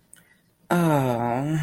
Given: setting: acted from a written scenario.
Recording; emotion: vocal sound without words; shame